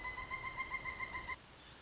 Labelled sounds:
Pileated Woodpecker (Dryocopus pileatus)
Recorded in Sonoma County, California

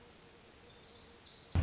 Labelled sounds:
Pacific Wren (Troglodytes pacificus)
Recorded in Sonoma County, California

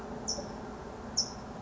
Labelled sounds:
California Towhee (Melozone crissalis)
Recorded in Sonoma County, California

